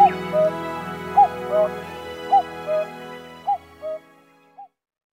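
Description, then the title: Common cuckoo calling cuck-oo about once a second over a steady background hum that fades out, leaving the last note alone. Recorded at Zao, Japan. "蔵王のカッコウ"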